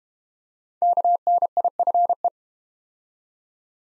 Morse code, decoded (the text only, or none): KNIFE